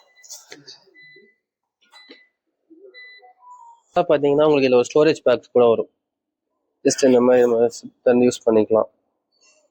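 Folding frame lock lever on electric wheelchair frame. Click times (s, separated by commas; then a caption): 0.5 s. After the aluminum frame of an electric wheelchair is unfolded, its folding frame lock lever locks into place with a short, sharp metallic hit at 0.5 s. Softer handling sounds follow, and then someone talks.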